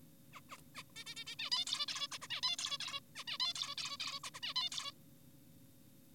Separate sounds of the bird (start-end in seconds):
0.33-0.41, 0.50-0.58, 0.75-0.83, 0.96-1.04, 1.06-1.15, 1.16-1.24, 1.27-1.36, 1.39-1.50, 1.52-1.65, 1.67-1.86, 1.88-2.08, 2.12-2.18, 2.22-2.28, 2.30-2.41, 2.43-2.56, 2.59-2.78, 2.80-3.00, 3.16-3.24, 3.28-3.38, 3.40-3.53, 3.56-3.75, 3.78-3.97, 4.00-4.20, 4.24-4.30, 4.34-4.40, 4.43-4.54, 4.56-4.69, 4.72-4.92